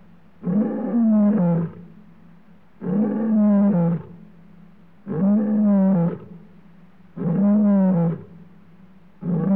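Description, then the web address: Male lion giving a steady series of powerful, drawn-out roars, each about a second long with short pauses between, the background otherwise quiet. Male lion roaring in Africa. "BBC Sound Effects Library. Africa. Lions, Male Lion Roaring"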